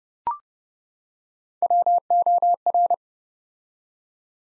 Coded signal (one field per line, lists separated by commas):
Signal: Morse code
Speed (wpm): 30 wpm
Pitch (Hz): 700 Hz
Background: none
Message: WOR